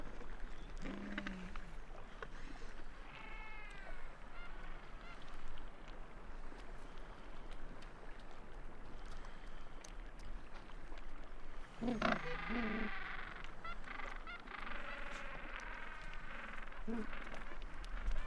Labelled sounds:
Gentoo Penguin (Pygoscelis papua) call

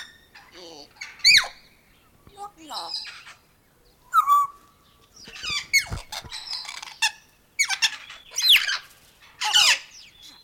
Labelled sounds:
Grey Parrot (Psittacus erithacus)

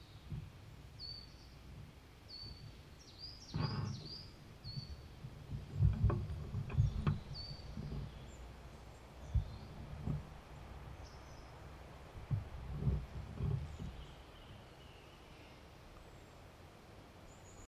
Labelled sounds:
Marsh Tit (Poecile palustris)

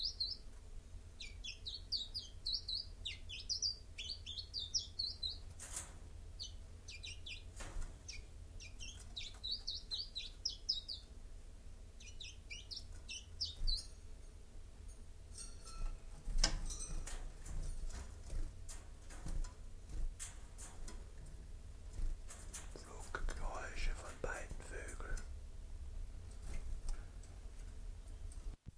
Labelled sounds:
Common Chiffchaff (Phylloscopus collybita) song

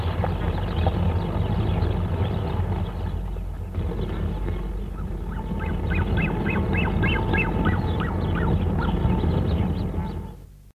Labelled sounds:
Upland Goose (Chloephaga picta) call

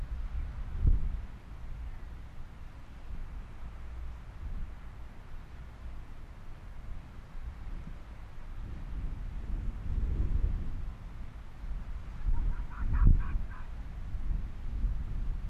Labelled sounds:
Arctic Fox (Vulpes lagopus)

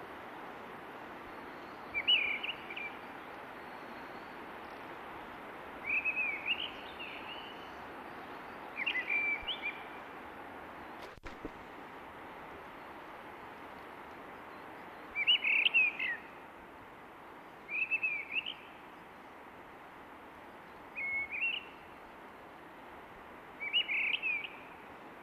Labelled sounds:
Mistle Thrush (Turdus viscivorus) song

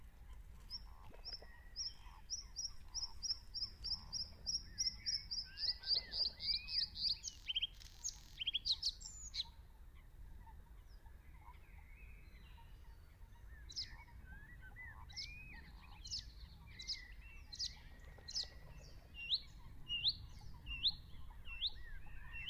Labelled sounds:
Bluethroat (Luscinia svecica) song

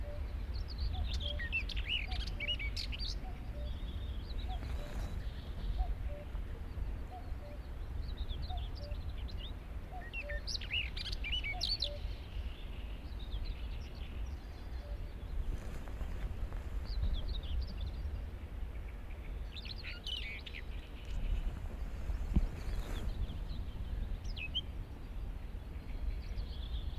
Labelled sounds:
Common Whitethroat (Sylvia communis) song

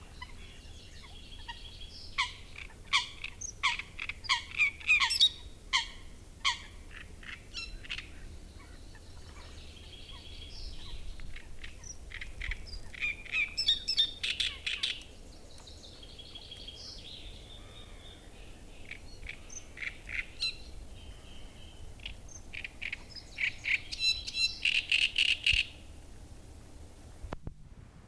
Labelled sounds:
Great Reed Warbler (Acrocephalus arundinaceus)

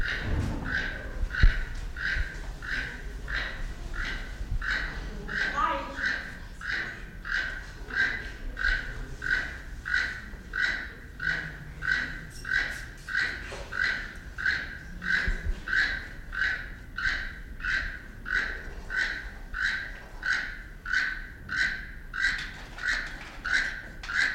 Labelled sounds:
Keel-billed Toucan (Ramphastos sulfuratus) call

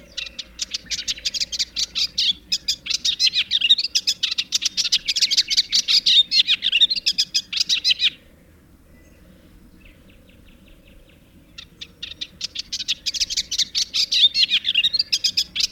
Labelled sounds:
Eastern Olivaceous Warbler (Iduna pallida) song

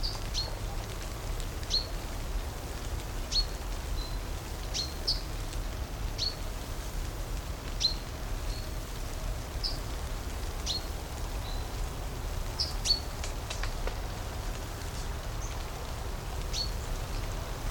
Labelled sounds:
Yellowhammer (Emberiza citrinella) call

